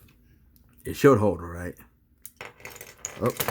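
A small plastic handgun accessory is handled and lined up with the connection port on the arm of a Transformers Age of Extinction Voyager Class Hound robot toy, from the Toys R Us exclusive Autobots United 5-pack. Someone talks, followed by a few light plastic taps and rattles between about 2.3 and 3.1 seconds. Nothing has seated or clicked yet.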